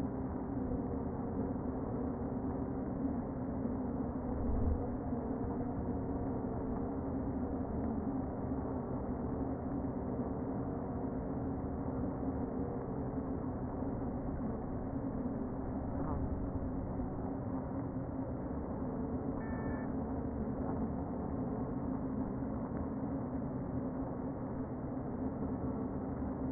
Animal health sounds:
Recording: honeybee colony, microphone inside the hive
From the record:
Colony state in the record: queen present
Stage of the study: before two queens were removed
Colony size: about 60,000 bees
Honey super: yes

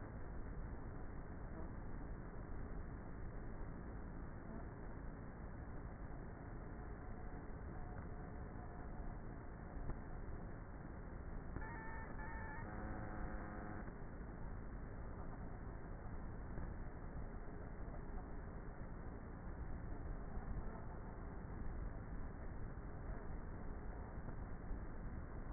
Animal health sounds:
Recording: honeybee colony, microphone inside the hive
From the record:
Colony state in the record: queenless with a low population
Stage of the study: before two queens were removed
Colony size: about 30,000 bees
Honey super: no

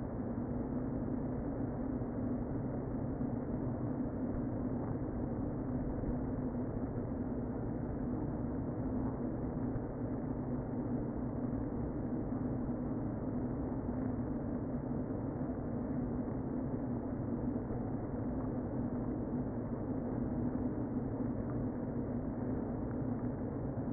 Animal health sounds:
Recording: honeybee colony, microphone inside the hive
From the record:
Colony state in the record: queen present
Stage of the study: before two queens were removed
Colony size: about 60,000 bees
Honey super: yes

